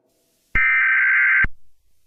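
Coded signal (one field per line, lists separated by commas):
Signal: Emergency Alert System (SAME) tones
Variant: header bursts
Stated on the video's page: Fictional EAS scenario, simulated alert.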